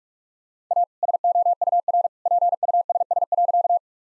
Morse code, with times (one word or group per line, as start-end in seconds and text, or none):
0.7-0.8 A
1.0-2.1 SOUR
2.3-3.8 PUSS.